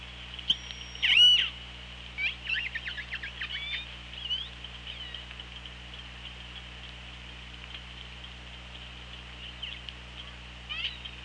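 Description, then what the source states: Orca calls: a strong harmonic squeal near the start, then a rapid run of short rising and falling squeaks and whistles fading into steady hiss. OrcaLab hydrophone, underwater, 24 August 2017, 15:41:23.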